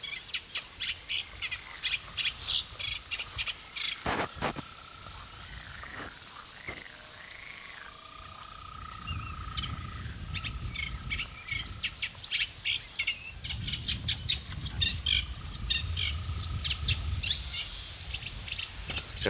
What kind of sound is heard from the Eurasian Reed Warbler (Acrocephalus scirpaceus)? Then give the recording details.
song. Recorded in the wild. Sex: male. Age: adult. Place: Berlin, OT Blankenfelde, Berlin, DE. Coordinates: 52.6375, 13.4131. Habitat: gravel-pit lake. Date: 1983-06-04 17:38. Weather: sunny, 24°C. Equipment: Nagra SN, Kopie Uher 4000 Monitor Report. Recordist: Tembrock, Günter